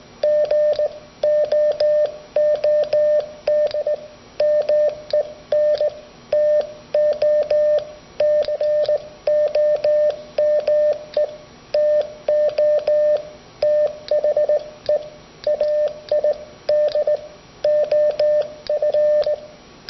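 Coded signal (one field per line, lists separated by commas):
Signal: Morse code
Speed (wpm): 19 wpm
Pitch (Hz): 600 Hz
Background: radio noise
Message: GOOD MEN TO COME TO THE AID OF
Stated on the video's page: Sent on a right-angle dual-lever bug, the DL-150, with a 9 to 40 wpm speed range and no contact bounce.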